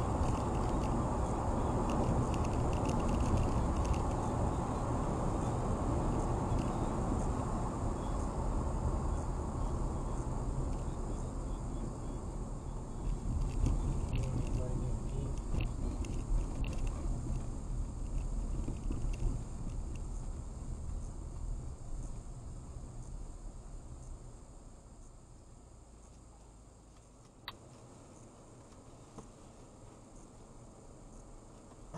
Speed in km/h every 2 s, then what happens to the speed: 92, 90, 84, 76, 63, 52, 44, 37, 29, 23, 15, 6, 0, 0, 0, 0.
0-23 brakes to 0. 23-32 standing.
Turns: none.